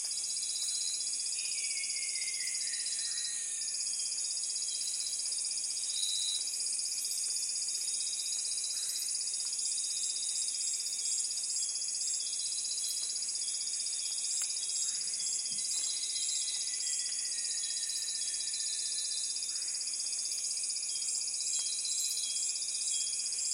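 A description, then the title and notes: A piercing, unbroken insect chorus fills the rainforest afternoon, with occasional frog calls and a few faint, scattered bird chirps underneath. Lazy afternoon in the Amazon rainforest. The jungles of the Amazon are calm and still on a hot afternoon. There's a piercing insect chorus - frogs call occasionally - every now and then a bird chirps half-heartedly.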